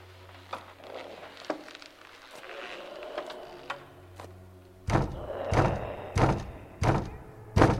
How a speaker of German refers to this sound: Das Grauen begehrt höflich klopfend Einlass.